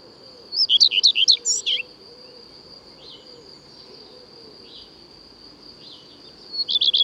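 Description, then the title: Common redstart song: a brisk phrase of repeated chirpy notes with a scratchy finish, a few faint notes after it, and a new phrase beginning near the end, over a steady high whine. Returns in April; sings from a conspicuous, fairly high perch on a tree or roof; breeds in forest. "Rougequeue à front blanc"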